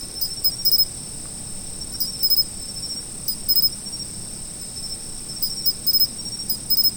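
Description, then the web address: Insects chirping: a steady high trill runs throughout, with short pulsed chirps in clusters every second or two. Autumn insects. "sound nature 01 autumn insects"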